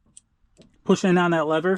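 A gooseneck hitch ball sits in a bed-mounted puck receiver in a truck bed while its locking lever is pushed so the retention balls can engage the channel. Faint small ticks come at about 0.2 s and 0.6 s, then someone talks from about 0.9 s to the end. Nothing has seated or locked yet.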